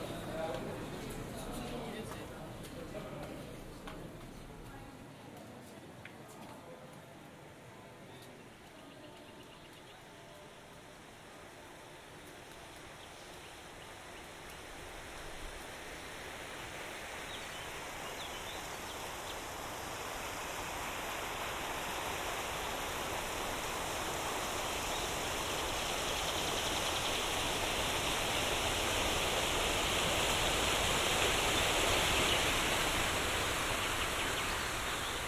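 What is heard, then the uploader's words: An outdoor binaural soundscape from a city. It opens with a low, uneven murmur and faint tonal hum, then a dense, bright rushing hiss like running water swells steadily, growing loudest around the thirty-second mark before easing slightly. Binaural production. Generative soundscape based on a two-dimensional random walk between four binaural soundscapes recorded in Plzeň (Pilsen, CZ).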